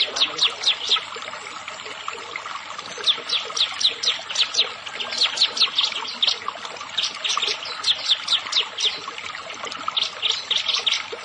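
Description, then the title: Prinia singing a continuous run of quick, high, sharp chirps, densely repeated throughout with a faint hiss behind. "Ciblek Sawah"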